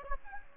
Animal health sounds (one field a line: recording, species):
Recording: mosquito wingbeat signal from an infrared sensor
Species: Aedes aegypti